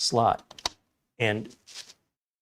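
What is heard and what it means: An internal motherboard cable connector with no retaining clip is handled at its friction-fit rectangular slot on the header after the device failed to light up. Someone talks, with a few soft clicks and taps between the words. Nothing has seated or clicked into the header yet.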